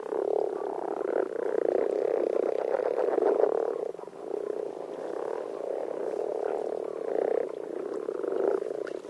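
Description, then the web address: Common frogs croaking together, a steady low grumbling chorus of dense overlapping purrs, briefly quieter near the middle before building again. Recorded in France. "AMPHIBIANS-IN-FRANCE Common frog"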